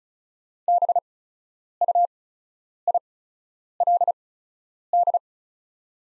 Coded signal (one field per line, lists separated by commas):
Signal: Morse code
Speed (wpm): 36 wpm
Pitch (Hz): 700 Hz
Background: none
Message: BUILD